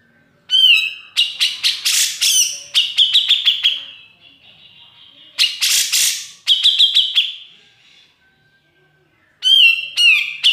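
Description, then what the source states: Grey-cheeked bulbul singing loud grating bursts followed by quick rattling notes and a thin high tone, phrases starting and stopping abruptly. Song used to tutor other birds.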